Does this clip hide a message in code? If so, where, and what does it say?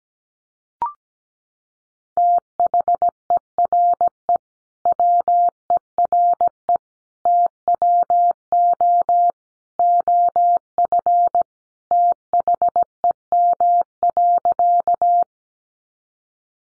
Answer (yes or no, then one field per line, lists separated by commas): yes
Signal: Morse code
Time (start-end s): 2.2-15.2 s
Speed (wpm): 17 wpm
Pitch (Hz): 700 Hz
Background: none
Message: THERE WERE TWO OF THEM.